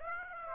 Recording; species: mosquito wingbeat signal from an infrared sensor; Aedes aegypti